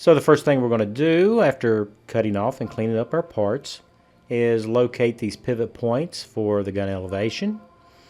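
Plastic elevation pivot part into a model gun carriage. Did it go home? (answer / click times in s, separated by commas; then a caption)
no / none. Someone talks while plastic elevation pivot parts for an AFV Club 1/35 scale model kit of the sIG 33 15cm heavy infantry gun, already cut off and cleaned up, are handled toward their mounting points on the model gun carriage. Nothing has seated or clicked into place yet.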